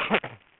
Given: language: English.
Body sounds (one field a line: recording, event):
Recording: throat vibration sensor signal played as sound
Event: cough